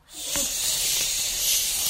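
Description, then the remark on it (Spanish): A voice imitates storm wind with a steady, breathy, high-pitched hiss that swells in quickly and holds loud and unbroken for about two seconds, with no words spoken. “Atravesar la tormenta.”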